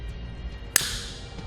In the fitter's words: grips are on the outside that's just going to click into place